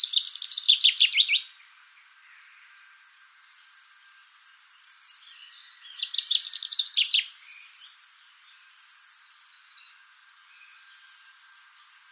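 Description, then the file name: Common chaffinch singing repeated cascading trills with a final flourish, several phrases, separated by quiet gaps with faint high calls of other birds. "Fringilla coelebs"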